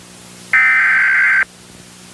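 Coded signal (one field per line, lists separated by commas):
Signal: Emergency Alert System (SAME) tones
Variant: header bursts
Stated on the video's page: Mock EAS scenario with genuine valid SAME tones, a recreation rather than a real alert.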